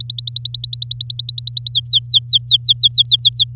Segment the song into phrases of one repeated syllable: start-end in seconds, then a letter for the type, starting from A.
0.00-1.72 A, 1.73-3.44 B